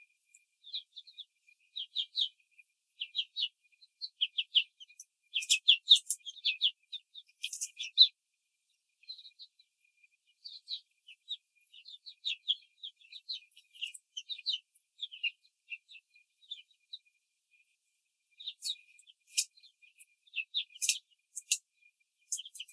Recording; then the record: young laying hens in a cage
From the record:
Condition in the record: control cage, before the stress test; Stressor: none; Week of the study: 4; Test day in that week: 3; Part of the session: 4